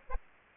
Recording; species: mosquito wingbeat signal from an infrared sensor; Aedes aegypti